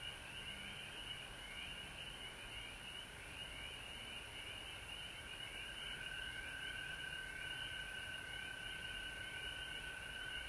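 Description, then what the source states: A frog chorus of overlapping short pulsed calls, repeated rapidly over a steady high trill, with one voice growing clearer toward the end. Frogs recorded at home in Georgia on March 19, 2020.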